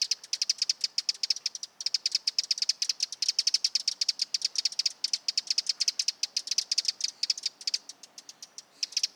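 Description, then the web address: Eurasian wren song, a fast, high, sharply ticking trill of rapid notes running on almost without pause, with one brief break near the start. Nominate subspecies Troglodytes troglodytes troglodytes. "Vogelstimmen Vogelstimme Zaunkoenig 2-Eurasian Wren - Troglodytes troglodytes troglodytes"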